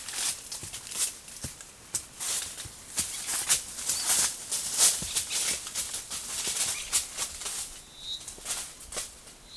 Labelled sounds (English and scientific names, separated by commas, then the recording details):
none
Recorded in forest near Pivijay, Magdalena, Colombia, on 18 April 2023 at 16:00
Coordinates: 10.467, -74.380
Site Z5-G034